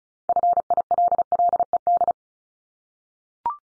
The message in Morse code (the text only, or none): FILLED